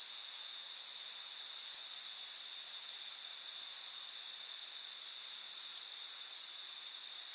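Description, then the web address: Cricket chirping, a steady high pulsing trill repeating nearly three times a second, with a fainter lower band beneath and a soft background hiss. Crickets at night in an urban setting in the USA. "bug crickets night urban usa"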